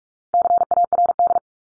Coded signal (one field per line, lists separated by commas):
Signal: Morse code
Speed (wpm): 44 wpm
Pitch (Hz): 700 Hz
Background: none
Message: CARD